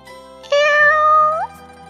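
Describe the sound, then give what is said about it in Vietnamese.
A black cat, Tiểu Hắc, gives a single drawn-out meow, clear and fairly loud, holding a steady tone before sliding upward at the end, with no talking around it. “Lúc ấy, chợt mèo đen kêu một tiếng, thu chân quay đầu lại.”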